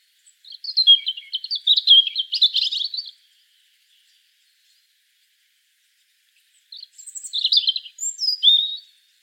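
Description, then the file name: European robin singing two tinkling, fast-paced phrases of high warbled notes with a long silent gap between them, the second ending in sliding whistles. "Erithacus rubecula"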